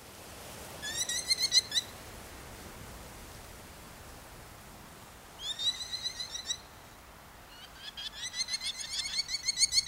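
Merlin chattering in three quick series of sharp, repeated high notes, the last run longer and fuller, over a soft hissing background.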